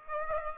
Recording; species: mosquito wingbeat signal from an infrared sensor; Aedes aegypti